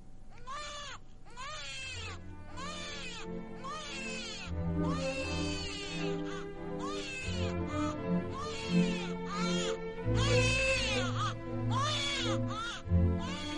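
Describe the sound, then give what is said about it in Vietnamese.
A baby wails in repeated, high-pitched bursts, each cry rising and falling in pitch, growing louder and more anguished over a low, steady rumble beneath. “Thế rồi nghe tiếng con khóc ở bên ngoài. Tiếng trẻ con khóc đến xé lòng.”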